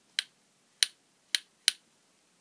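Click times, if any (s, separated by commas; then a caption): 0.2 s, 0.8 s, 1.3 s, 1.7 s. A plastic twist-lock dispensing cap on a hair care bottle is twisted closed, producing four sharp clicks at 0.2, 0.8, 1.4 and 1.7 seconds. The cap is shut and locked, though it is unclear which click is the final lock.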